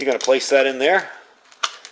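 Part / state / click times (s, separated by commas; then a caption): plastic base cap twisted onto a collapsible candle lantern body / seated / 1.6 s. A plastic base cap is lined up with its slots and twisted onto the body of a UCO collapsible candle lantern to reassemble it, while someone talks during the first second. After the talking stops, faint scraping leads to a sharp click at 1.6 s as the base locks in place. A softer tick follows, and the lantern is back in one piece.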